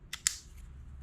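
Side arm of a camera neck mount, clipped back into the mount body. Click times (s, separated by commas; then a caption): 0.1 s, 0.3 s. The plastic side arm of a camera neck mount, worn around the neck, is clipped back into the mount body with a sharp double click at 0.1 s and 0.3 s. The arm seats closed in the mount.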